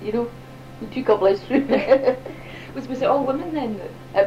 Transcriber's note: laughs